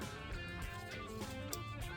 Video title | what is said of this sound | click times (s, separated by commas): 2017-2022 BUICK ENCORE 1.4L Turbo - Bad Crankshaft Position Sensor | And okay, that was the lock, I heard it. | 1.5 s